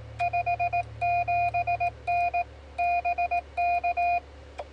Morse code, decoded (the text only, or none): 57N BK